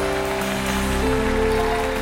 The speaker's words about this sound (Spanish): Dele un fuerte aplauso al Rey de Reyes. Él es digno.